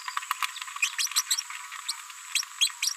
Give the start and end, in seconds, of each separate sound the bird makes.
0.82-0.89, 0.98-1.07, 1.88-1.92, 2.35-2.42, 2.61-2.68, 2.82-2.90